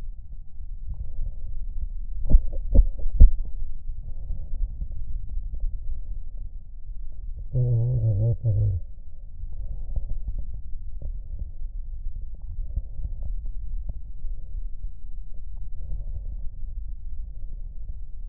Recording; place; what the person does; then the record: lung sounds by stethoscope; right anterior apical chest; quiet breathing, then cough and speech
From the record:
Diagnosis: COPD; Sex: male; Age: 80 years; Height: 171 cm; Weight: 75 kg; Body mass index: 25.6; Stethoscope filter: extended mode